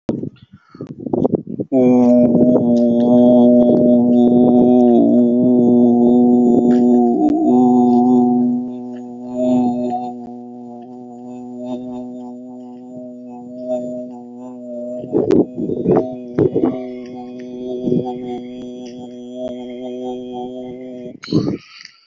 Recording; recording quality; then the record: sustained vowel as in boot; moderate, slight background noise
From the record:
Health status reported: COVID-19 positive, no symptoms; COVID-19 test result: positive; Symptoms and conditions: cough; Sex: male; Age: 30 years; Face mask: not worn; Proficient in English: yes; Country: India